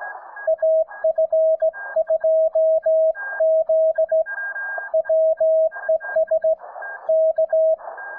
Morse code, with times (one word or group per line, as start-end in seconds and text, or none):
0.5-4.2 AF2Z
4.9-6.5 WES
7.1-7.7 K